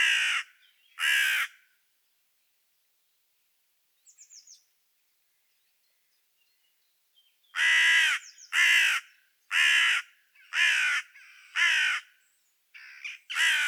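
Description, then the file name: Carrion crow giving harsh, rasping caws: two at the start, a quiet gap with a faint high chirp, then a run of several more caws about once a second. "Corvus corone"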